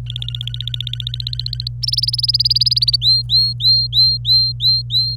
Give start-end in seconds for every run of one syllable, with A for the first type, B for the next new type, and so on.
0.06-1.69 A, 1.83-2.96 B, 3.01-5.16 C